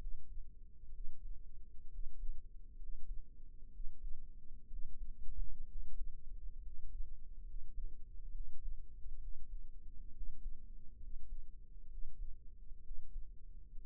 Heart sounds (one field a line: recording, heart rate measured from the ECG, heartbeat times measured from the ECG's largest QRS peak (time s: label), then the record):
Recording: heart sounds by microphone in the right ear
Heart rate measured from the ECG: 65 bpm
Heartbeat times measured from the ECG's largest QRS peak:
0.90 s: heartbeat
1.89 s: heartbeat
2.77 s: heartbeat
3.70 s: heartbeat
4.68 s: heartbeat
5.67 s: heartbeat
6.61 s: heartbeat
7.44 s: heartbeat
8.31 s: heartbeat
9.19 s: heartbeat
10.12 s: heartbeat
10.98 s: heartbeat
11.88 s: heartbeat
12.82 s: heartbeat
13.76 s: heartbeat
From the record:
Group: healthy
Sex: male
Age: 22 years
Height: 181 cm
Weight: 79 kg